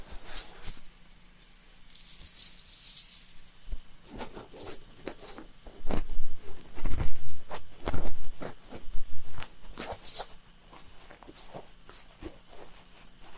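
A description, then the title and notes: Ear cleaning: soft scratchy clicks and rubbing bursts, sparse at first, then denser and louder from about six to ten seconds, over a low hum. ASMR de encenação fazendo um procedimento de limpeza dos seus ouvidos. EAR CLEANING.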